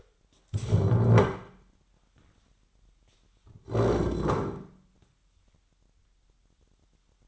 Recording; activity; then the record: daily activity, microphone in the room; stand up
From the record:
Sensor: 3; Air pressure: 998.5 hPa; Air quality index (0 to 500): 129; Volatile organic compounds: 4 ppm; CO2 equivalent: 1544 ppm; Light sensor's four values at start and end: 10/24/10/11 and 18/39/18/22